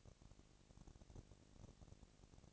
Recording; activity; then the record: daily activity, microphone in the room; no activity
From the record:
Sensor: 4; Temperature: 22.3 degrees Celsius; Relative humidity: 31.9%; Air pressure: 998.0 hPa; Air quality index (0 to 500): 203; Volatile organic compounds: 17 ppm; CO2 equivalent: 2570 ppm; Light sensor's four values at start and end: 2/3/1/1 and 2/3/1/1